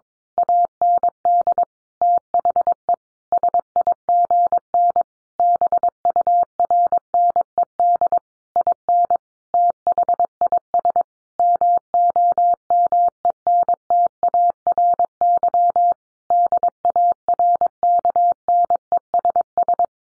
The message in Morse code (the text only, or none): AND THE SIGN BURNED IN THIS MOMENTARY DARKNESS